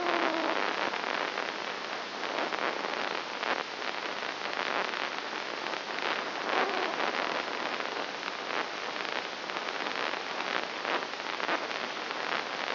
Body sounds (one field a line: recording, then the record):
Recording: brain microelectrode recording played as sound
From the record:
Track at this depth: inside the subthalamic nucleus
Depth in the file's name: 2.501 mm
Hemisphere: right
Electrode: 3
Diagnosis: Parkinson's disease